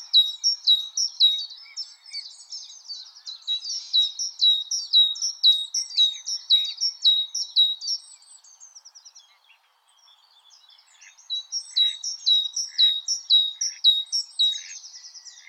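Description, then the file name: Great tit song: long run of sharp two-note phrases about twice a second, a quiet gap, then a second, slightly softer series. "Parus major"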